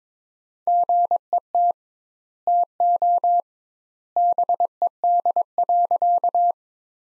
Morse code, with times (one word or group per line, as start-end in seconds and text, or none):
0.7-1.7 GET
2.5-3.4 TO
4.2-6.5 BED.